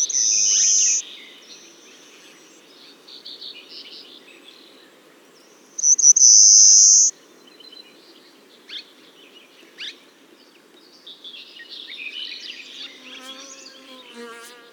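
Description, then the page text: Pale rockfinch: two loud, drawn-out, high thin notes about six seconds apart, with faint scattered chirps between them and near the end. "Fernand DEROUSSEN - Короткопалый воробей (Carpospiza brachydactyla)"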